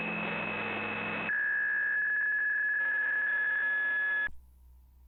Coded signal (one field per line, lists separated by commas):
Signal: PSK63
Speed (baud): 62.5 baud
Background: radio noise